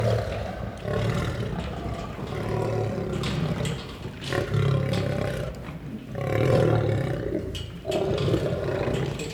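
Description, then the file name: Lion giving deep throaty growls and roars in repeated swelling bouts, low and rough. "Het grommen en brullen van een leeuw - Beeld en Geluid"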